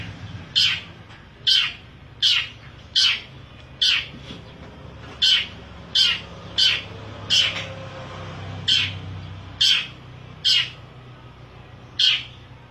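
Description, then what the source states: Long-tailed shrike song: sharp, harsh high notes given singly, roughly one a second, with a few short gaps. Combination song (kombinasi); Indonesian name cendet.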